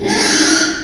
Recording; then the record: squeal of a Yucatan mini pig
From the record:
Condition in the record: after surgery on the right vocal fold (resection and tissue-engineered implant); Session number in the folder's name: 3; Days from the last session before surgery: 33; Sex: male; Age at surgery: 12 weeks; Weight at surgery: 13 kg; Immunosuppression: cyclosporine, prednisolone